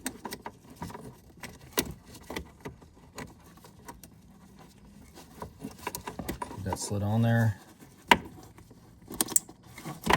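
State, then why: Seated. During a headlight reinstall on a Ford Focus RS as part of an ETS intercooler kit install, a plastic harness connector is slid one-handed onto the headlight assembly while someone talks. Light handling taps and rattles lead up to a single sharp click at 8.1 s as the connector seats, followed by a few smaller taps.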